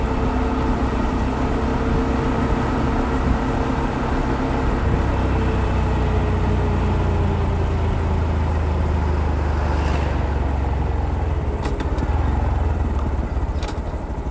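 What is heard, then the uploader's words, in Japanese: A motorcycle rides along steadily, its engine droning low with a slowly shifting pitch, wind rushing throughout, and brief clicks near ten and twelve seconds. 無言でバイクを走らせました。周りの車の音なども入っています。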